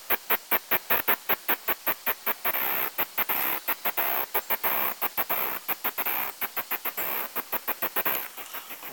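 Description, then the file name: Cicada song: a rapid series of short, sharp pulses, several times a second, now and then merging into brief continuous buzzes, with a constant high hiss behind. "tibialis"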